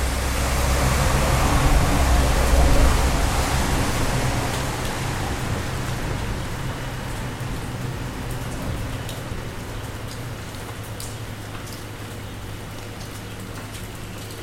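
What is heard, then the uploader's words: Rain falls as a dense, steady hiss, loudest over the first four seconds and then easing to a softer, even wash. A low hum runs underneath throughout, and faint sharp ticks of drops sound now and then in the second half. Figured I'd record the rain this morning. The recording is just using the Zoom's internal mics pointed out my window, with the windscreen on.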